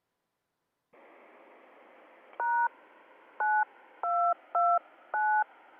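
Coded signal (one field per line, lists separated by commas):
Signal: DTMF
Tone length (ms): 290 ms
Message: #9229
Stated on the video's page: Tuesday night VHF amateur radio net.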